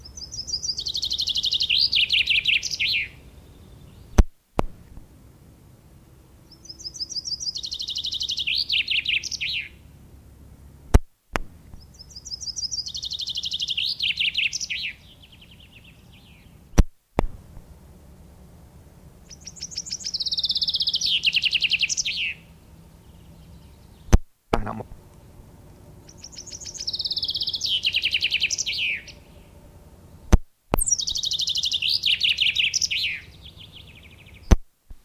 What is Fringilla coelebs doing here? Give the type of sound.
song